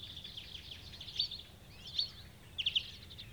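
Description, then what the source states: Marsh warbler song of high, buzzy chattering phrases with a quick run of piping notes near the end. Recorded 6 June 2016.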